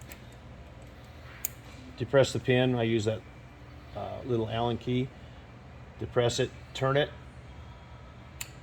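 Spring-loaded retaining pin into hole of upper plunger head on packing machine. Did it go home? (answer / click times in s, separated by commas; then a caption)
yes / 8.4 s. Someone talks while a spring-loaded retaining pin on the upper plunger head of a NuPak EP300 packaging machine is depressed with a small Allen key and the head is turned. At 8.4 s the pin springs into its hole in the plunger head with a sharp snap, seating it.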